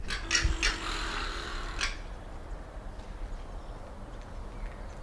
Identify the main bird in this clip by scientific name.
Caracara plancus